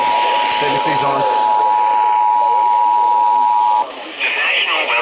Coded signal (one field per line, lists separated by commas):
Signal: Emergency Alert System (SAME) tones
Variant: 853 and 960 Hz attention tone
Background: speech